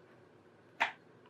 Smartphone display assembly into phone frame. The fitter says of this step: all looking like it's pressed in and clicked and then we'll do the bottom two screws anyway now